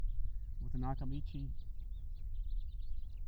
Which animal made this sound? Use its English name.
House Finch